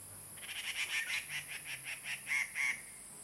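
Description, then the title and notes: Grey treepie giving a rapid series of harsh, grating notes over about two and a half seconds, with a steady background hiss. Birds singing on the ground in Puli, Nantou County, Taiwan. "545台灣南投縣埔里鎮成功里種瓜路113號. Dendrocitta formosae , Birds singing in the ground"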